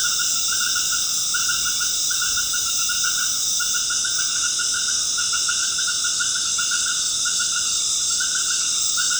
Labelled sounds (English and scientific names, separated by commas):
none